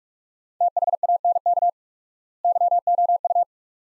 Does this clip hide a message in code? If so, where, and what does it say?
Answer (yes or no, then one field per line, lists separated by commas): yes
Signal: Morse code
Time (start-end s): 0.6-3.4 s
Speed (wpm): 42 wpm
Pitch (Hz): 700 Hz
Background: none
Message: THANK YOU